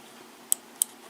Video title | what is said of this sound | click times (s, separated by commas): CONICO WIFI IP Camera True 1080p | So you hear a click. | 0.5 s